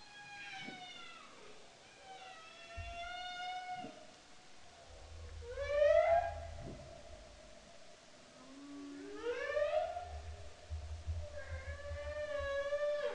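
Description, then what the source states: Humpback whale song, a sequence of harmonic upswept whoops and sustained tonal moans, several rising sharply, repeating throughout over low rumbling noise. Humpback whale, Bering Strait, 5 October 2009.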